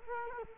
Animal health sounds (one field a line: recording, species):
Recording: mosquito wingbeat signal from an infrared sensor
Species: Culex quinquefasciatus